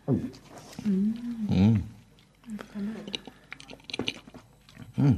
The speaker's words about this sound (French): Il est temps à présent de prendre une gorgée. Je vous conseille de faire tourner le vin dans votre bouche pour vous en imprégner.